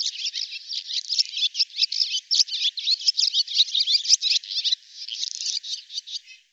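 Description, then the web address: Barn swallow giving a continuous run of scratchy, buzzy twitters and quick chirps that fade out at the end. "cianscape birddata Deverinetal 2025"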